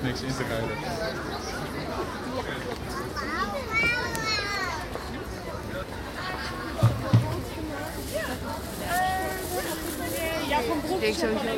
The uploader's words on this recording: Home Made Market Zeeheldenkwartier, Den Haag. Recorded while making a promotion video for the Home Made Market in the Zeeheldenkwartier.